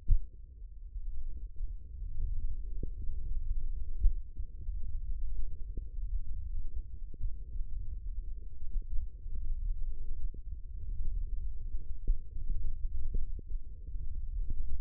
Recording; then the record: forearm muscle sounds (acoustic myography)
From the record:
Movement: wrist extension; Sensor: system 1, eight BSWA MPA416 microphones around the upper forearm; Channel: 3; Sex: female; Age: 22 years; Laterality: right